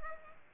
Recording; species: mosquito wingbeat signal from an infrared sensor; Culex pipiens